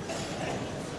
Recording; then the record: coughing mixed with background sound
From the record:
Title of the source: Cough Around the Clock!